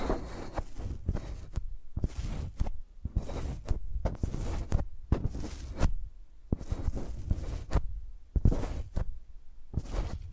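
Microphones used like pencils make bursts of scratchy scribbling strokes with sharp clicks and dull low thumps, starting and stopping irregularly throughout.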